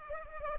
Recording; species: mosquito wingbeat signal from an infrared sensor; Culex pipiens